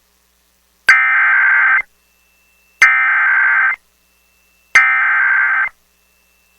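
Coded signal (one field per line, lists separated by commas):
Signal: Emergency Alert System (SAME) tones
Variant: header bursts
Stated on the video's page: Alerts mostly captured from an IP-based EAS relay station.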